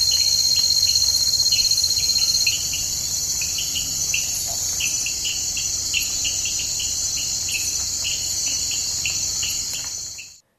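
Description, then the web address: Rain frog giving brief chirping notes in quick irregular series beneath a dense, shrill insect drone that fades out at the end. Unidentified Eleutherodactylus species, Ecuadorian Amazon, South America. "Natures Songs. Frogs of Ecuadorian Amazon Eleutherodactylus sp"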